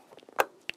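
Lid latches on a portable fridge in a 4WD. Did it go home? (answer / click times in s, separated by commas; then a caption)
yes / 0.4 s, 0.7 s. The lid of an ARB portable fridge mounted in a 4WD is pushed down hard so its latches seal it. A few faint soft taps are followed by a loud, broad latch click at 0.4 s and a sharper, brighter click at 0.7 s. The latches click shut and the lid is sealed.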